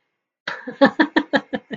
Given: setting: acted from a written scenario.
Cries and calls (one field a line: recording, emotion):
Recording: vocal sound without words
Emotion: amusement